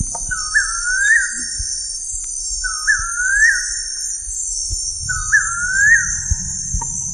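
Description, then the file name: Bird sounding three upslurred whistles spaced about two seconds apart, with a steady high insect drone and occasional low knocks. "SABIOD 50 bird 2015"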